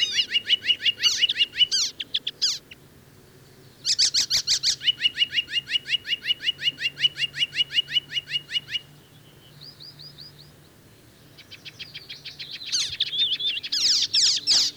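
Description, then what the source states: Icterine Warbler song with long fast rattling trills of repeated notes, a brief pause, a soft high whistle, then renewed rapid chattering phrases. Spring migrant arriving in Finland in late May; found in lush parks of southern and central Finland; a day singer; song mixes own motifs with mimicry of other birds, including harsh sounds.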